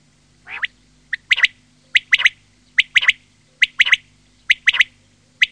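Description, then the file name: Quail repeating clipped three-note phrases, one note then a fast double, steadily several times. "QUAGLIA"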